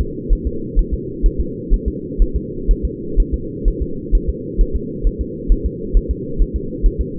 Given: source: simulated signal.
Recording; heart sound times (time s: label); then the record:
fetal heart sounds
0.01 s: S2
0.33 s: S1
0.47 s: S2
0.79 s: S1
0.94 s: S2
1.26 s: S1
1.40 s: S2
1.74 s: S1
1.88 s: S2
2.22 s: S1
2.36 s: S2
2.71 s: S1
2.85 s: S2
3.20 s: S1
3.34 s: S2
3.68 s: S1
3.82 s: S2
4.15 s: S1
4.30 s: S2
4.61 s: S1
4.76 s: S2
5.07 s: S1
5.21 s: S2
5.52 s: S1
5.66 s: S2
5.97 s: S1
6.11 s: S2
6.42 s: S1
6.56 s: S2
6.86 s: S1
7.01 s: S2
From the record:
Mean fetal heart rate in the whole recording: 130 bpm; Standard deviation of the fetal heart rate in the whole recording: 4 bpm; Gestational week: 38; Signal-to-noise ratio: -4.3 dB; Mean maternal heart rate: 72 bpm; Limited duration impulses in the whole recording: absent